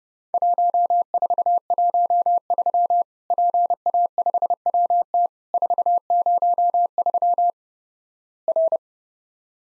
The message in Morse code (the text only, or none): 1413 PA5WT 403 R